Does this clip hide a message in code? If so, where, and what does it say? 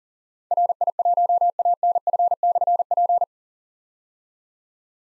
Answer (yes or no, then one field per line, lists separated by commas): yes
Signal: Morse code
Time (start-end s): 0.5-3.2 s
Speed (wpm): 41 wpm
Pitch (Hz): 700 Hz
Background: none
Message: RI1ANF/P